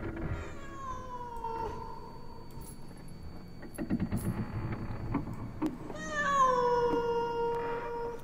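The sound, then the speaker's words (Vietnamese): A cat standing outside on a porch in the middle of the night lets out long, wailing meows, a drawn-out eerie cry at the start and another rising, strained yowl near the end, with faint clinking and rustling in between. “Lão sợ lắm, nhưng cũng tò mò, có con mèo không biết ở đâu xuất hiện, cứ đứng ở ngoài hiên kêu lên những tiếng ghê rợn thảm thiết.”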